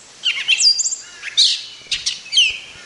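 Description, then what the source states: Gray catbird song, a jumble of squeaky, varied whistled phrases and quick slurred notes, delivered in short bursts with brief pauses. Played as an example of what a gray catbird actually sounds like.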